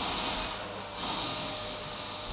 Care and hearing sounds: daily activity, microphone in the room; vacuum cleaning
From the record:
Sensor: 1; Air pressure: 991.8 hPa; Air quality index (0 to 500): 184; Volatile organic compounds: 1000 ppm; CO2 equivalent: 7039 ppm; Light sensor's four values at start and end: 27/94/36/36 and 27/94/36/36

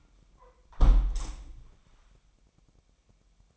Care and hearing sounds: daily activity, microphone in the room; close window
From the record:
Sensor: 1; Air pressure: 998.6 hPa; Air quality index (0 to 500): 141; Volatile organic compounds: 4 ppm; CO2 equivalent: 1698 ppm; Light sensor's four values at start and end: 13/31/13/15 and 13/31/13/15

